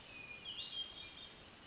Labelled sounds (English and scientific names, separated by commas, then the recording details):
Hermit Thrush (Catharus guttatus)
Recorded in Sonoma County, California